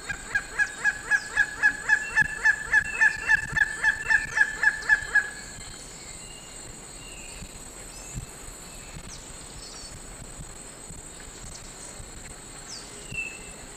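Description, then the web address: Grey-headed Kite calling: a rapid run of sharp, evenly spaced notes that ends abruptly after about five seconds, leaving a steady background hiss. Calls recorded in the eastern lowlands of South America. "S America Eastern Lowlands. Leptodon cayanensis, calls"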